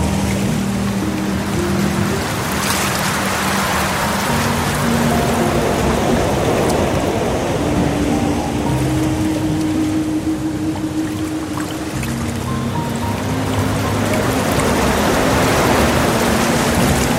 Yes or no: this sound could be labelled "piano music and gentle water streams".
yes